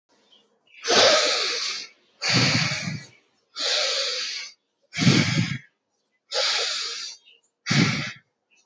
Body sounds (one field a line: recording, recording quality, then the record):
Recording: deep breathing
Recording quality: excellent, no background noise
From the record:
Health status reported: exposed to COVID-19, no respiratory illness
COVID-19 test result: not tested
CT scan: not taken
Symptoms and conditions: cold, fatigue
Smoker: no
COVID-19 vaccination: one dose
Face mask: not worn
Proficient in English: yes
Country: India